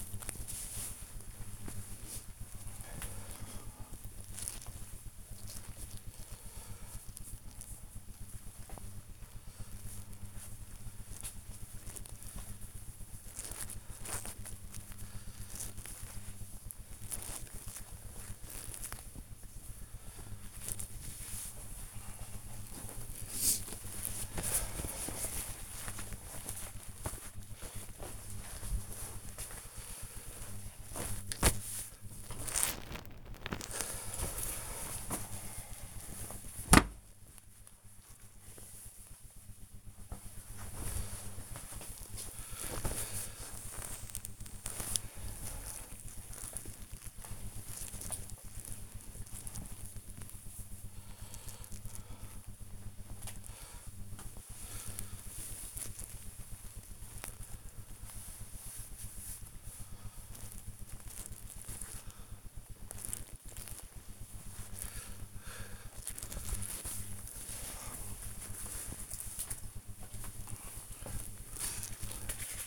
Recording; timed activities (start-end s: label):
household activities, microphone on the right wrist
0.00-66.10 s: tidy up the wardrobe
70.14-72.67 s: tidy up the wardrobe